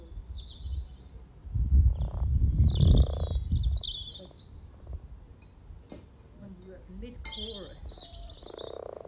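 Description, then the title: Frogs croaking in a chorus: a loud, rough, low burst of purring croaks, then quieter grunting croaks, over chirping and twittering garden birds. Frog chorus in a sunny garden pond; Freshfield, Formby, Merseyside, UK; sunny St Patrick's day, 17 March 2023, spring, at lunchtime. "Frog Chorus Spring sounds first Lunch outside St Patrick’s day 17 March 2023 . Freshfield, Formby"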